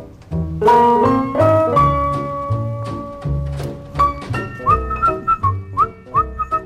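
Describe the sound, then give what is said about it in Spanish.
Someone whistles a song melody in clear, sustained high notes with small sliding turns, over a steady musical accompaniment with a low, rhythmic bass. “Pero qué ganas tenía yo de silbar esta canción”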